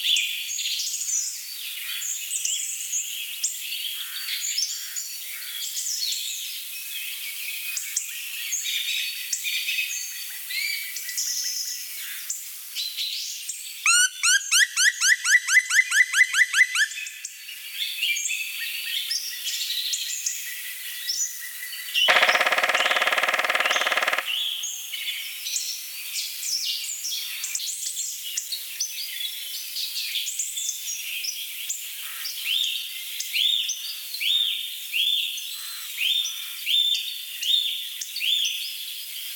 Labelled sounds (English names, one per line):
Black Woodpecker